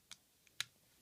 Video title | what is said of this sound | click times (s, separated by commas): Ultra Man Eggs Alien Baltan, Ultraman Belial and Ultraman Victory Review | the feet back one click and then | 0.6 s